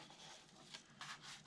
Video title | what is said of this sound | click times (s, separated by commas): Fuselage Pod Demold | And right there was a little click. | 1.0 s